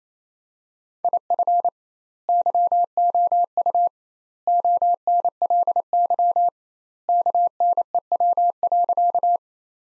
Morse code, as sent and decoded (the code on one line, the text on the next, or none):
.. ..-. / -.-- --- ..- / --- -. .-.. -.-- / -.- -. . .-- .-.-.-
IF YOU ONLY KNEW.